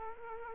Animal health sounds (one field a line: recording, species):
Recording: mosquito wingbeat signal from an infrared sensor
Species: Culex quinquefasciatus